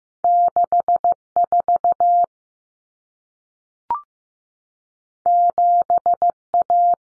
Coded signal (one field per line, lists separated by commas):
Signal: Morse code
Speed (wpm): 15 wpm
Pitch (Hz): 700 Hz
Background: none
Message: 64 7A